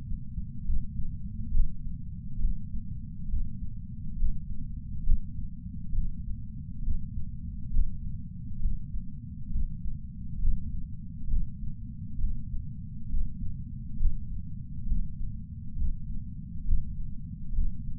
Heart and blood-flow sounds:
heart sounds by patch sensor on the chest; 68 bpm
0.63 s: heartbeat
1.51 s: heartbeat
2.38 s: heartbeat
3.27 s: heartbeat
4.16 s: heartbeat
5.03 s: heartbeat
5.92 s: heartbeat
6.82 s: heartbeat
7.70 s: heartbeat
8.59 s: heartbeat
9.49 s: heartbeat
10.39 s: heartbeat
11.27 s: heartbeat
12.18 s: heartbeat
13.08 s: heartbeat
13.96 s: heartbeat
14.85 s: heartbeat
15.75 s: heartbeat
16.64 s: heartbeat
17.52 s: heartbeat
From the record:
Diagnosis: coronary artery disease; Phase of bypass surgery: preoperative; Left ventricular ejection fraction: 64.7%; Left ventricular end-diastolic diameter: 48 mm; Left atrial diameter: 35 mm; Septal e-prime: 7.2 cm/s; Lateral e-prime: 9.9 cm/s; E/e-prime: 8.2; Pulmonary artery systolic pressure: 27 mmHg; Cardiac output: 5.5 L/min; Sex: male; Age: 75 years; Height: 167 cm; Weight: 58 kg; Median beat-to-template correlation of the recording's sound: 0.83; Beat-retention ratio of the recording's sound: 0.99

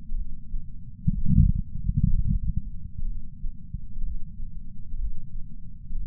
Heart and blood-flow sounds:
heart sounds by patch sensor on the chest; 62 bpm
0.15 s: heartbeat
1.11 s: heartbeat
2.06 s: heartbeat
3.05 s: heartbeat
4.02 s: heartbeat
4.98 s: heartbeat
5.96 s: heartbeat
From the record:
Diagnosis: coronary artery disease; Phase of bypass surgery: postoperative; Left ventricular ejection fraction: 68.2%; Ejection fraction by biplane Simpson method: 62.7%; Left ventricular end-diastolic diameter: 48 mm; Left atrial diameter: 40 mm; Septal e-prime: 8.6 cm/s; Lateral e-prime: 10.2 cm/s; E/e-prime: 10.9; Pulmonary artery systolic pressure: 38 mmHg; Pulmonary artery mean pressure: 18 mmHg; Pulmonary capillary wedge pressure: 11 mmHg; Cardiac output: 6.45 L/min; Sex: male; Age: 57 years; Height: 175 cm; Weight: 80 kg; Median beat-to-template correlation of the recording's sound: 0.76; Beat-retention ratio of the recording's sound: 0.99

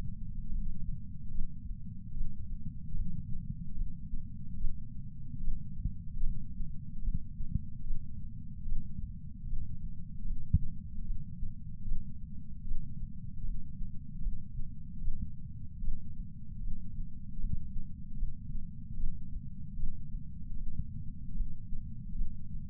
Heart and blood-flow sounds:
heart sounds by patch sensor on the chest; 75 bpm
0.50 s: heartbeat
1.32 s: heartbeat
2.14 s: heartbeat
2.94 s: heartbeat
3.75 s: heartbeat
4.58 s: heartbeat
5.41 s: heartbeat
6.22 s: heartbeat
7.02 s: heartbeat
7.84 s: heartbeat
8.65 s: heartbeat
9.46 s: heartbeat
10.25 s: heartbeat
11.04 s: heartbeat
11.85 s: heartbeat
12.65 s: heartbeat
13.43 s: heartbeat
14.21 s: heartbeat
15.01 s: heartbeat
15.81 s: heartbeat
16.60 s: heartbeat
17.38 s: heartbeat
18.17 s: heartbeat
18.97 s: heartbeat
19.76 s: heartbeat
20.56 s: heartbeat
21.35 s: heartbeat
22.15 s: heartbeat
From the record:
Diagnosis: coronary artery disease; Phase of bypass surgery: postoperative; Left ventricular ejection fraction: 60%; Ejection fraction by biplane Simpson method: 54%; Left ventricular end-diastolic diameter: 47 mm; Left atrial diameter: 39 mm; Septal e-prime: 8.6 cm/s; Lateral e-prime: 7.5 cm/s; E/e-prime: 10.3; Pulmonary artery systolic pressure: 24 mmHg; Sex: male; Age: 75 years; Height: 168 cm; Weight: 74 kg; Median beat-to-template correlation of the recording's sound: 0.84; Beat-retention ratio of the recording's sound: 0.99

